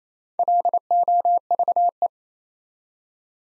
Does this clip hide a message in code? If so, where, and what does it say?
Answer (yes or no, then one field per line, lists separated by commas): yes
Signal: Morse code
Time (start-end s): 0.4-2.1 s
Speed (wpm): 28 wpm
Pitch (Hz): 700 Hz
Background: none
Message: LOVE